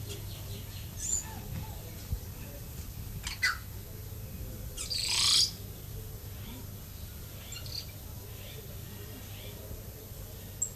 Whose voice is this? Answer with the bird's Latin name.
Procnias nudicollis